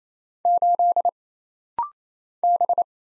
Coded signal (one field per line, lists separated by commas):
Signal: Morse code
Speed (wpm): 27 wpm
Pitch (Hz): 700 Hz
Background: none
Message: 8 B